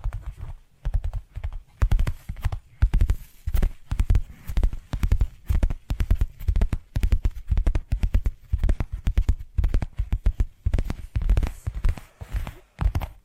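Tapping triggers go on throughout, short knocks landing in quick, uneven bursts with tiny pauses between clusters. Each tap has a dull, thumping low body and a brief crisp click on top, with a faint hiss under the gaps.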